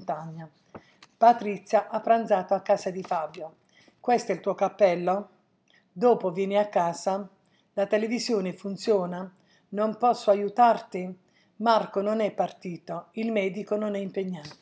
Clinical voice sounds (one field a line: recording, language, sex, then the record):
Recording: read phrases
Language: Italian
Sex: female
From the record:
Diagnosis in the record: healthy control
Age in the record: 69 years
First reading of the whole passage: 57 s, 9.1 characters per second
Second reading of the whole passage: 50 s, 10.4 characters per second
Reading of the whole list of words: 47 s, 6.0 characters per second